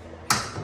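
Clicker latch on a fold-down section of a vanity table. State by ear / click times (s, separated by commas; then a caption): released / 0.3 s. A small clicker latch on an adjustable fold-down section of an Ironck beauty vanity is pressed down so the piece can fold down and make the vanity more compact. A single sharp click sounds at 0.3 s against quiet background hum, with a short ringing tail. The latch releases and opens.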